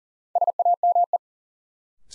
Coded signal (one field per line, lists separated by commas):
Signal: Morse code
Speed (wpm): 40 wpm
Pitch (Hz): 700 Hz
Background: none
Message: SAME